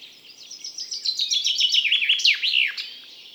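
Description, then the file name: Common chaffinch song: a quick run of bright notes falling in pitch, closing with a sharp flourish. "Fringilla coelebs"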